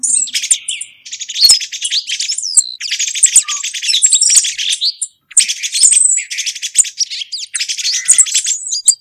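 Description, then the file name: Thrush song, a dense, fast run of varied twittering and scratchy notes high in pitch, in several long phrases with brief pauses between them. "tordo carmelo. mauro"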